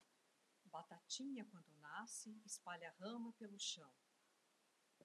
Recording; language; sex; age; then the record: short text; Brazilian Portuguese; female; 60 to 69 years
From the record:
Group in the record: control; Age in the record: 68 years